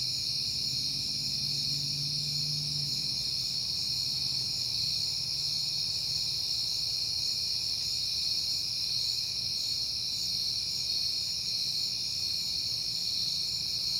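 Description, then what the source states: Cricket chorus, a constant high trill throughout, with a low engine-like hum rising and fading in the first few seconds. Crickets recorded at night in September on a peaceful night, with passing cars.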